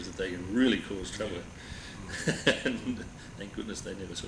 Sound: laughs

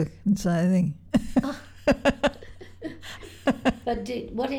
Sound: laughter

